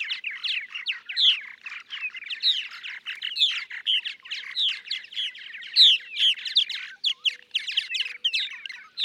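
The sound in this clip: Purple martin singing a dense, bubbling chatter of rough chirps and creaky notes, rushing on without a break for the whole stretch.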